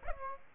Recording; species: mosquito wingbeat signal from an infrared sensor; Aedes aegypti